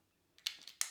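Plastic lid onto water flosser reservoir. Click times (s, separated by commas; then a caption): 0.5 s, 0.8 s. A plastic lid or attachment is snapped onto a water flosser reservoir. Two sharp, bright clicks ring out at 0.5 s and 0.8 s, with fainter ticks around them. The lid clicks shut and is seated.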